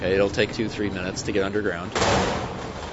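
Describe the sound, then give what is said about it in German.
A voice talks for a couple of seconds, then the door of an elevator that has descended 100 meters to an underground hall in Chicago opens with a sudden loud metallic clatter and a sustained rattling rush of noise as people step out. “öffnet die Tür, wir steigen aus.”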